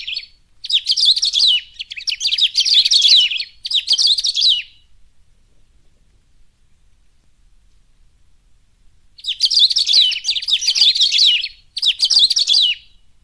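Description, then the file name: Saffron-billed sparrow singing rapid, tangled twittering phrases, several back to back, then a quiet gap of about four seconds before another run of phrases. "canto do batuqueiro"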